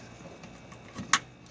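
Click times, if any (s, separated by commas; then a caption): 1.1 s. A toy seat belt is brought up and down and its buckle is pushed home into the receiver on a toy seat. Faint rustling and a soft thud lead into a sharp, bright click at 1.1 seconds as the buckle seats.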